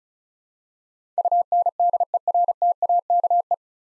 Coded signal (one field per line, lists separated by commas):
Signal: Morse code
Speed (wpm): 36 wpm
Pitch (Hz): 700 Hz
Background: none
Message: UNDERTAKE